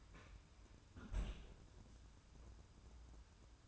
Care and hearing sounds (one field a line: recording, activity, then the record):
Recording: daily activity, microphone in the room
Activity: close fridge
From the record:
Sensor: 2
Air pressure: 994.3 hPa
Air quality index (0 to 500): 212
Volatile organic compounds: 1000 ppm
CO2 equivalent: 7032 ppm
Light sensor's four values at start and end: 138/330/140/146 and 137/328/139/145